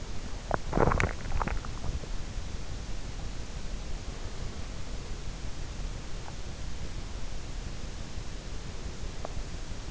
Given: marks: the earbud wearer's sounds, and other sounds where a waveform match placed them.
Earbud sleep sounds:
sounds in sleep by an in-ear microphone; swallowing, teeth grinding
0.00-2.31 s: swallowing
8.84-9.52 s: teeth grinding

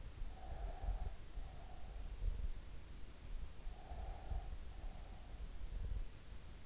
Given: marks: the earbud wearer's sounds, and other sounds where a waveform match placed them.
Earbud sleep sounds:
sounds in sleep by an in-ear microphone; breath
0.39-2.09 s: breath
3.34-5.46 s: breath

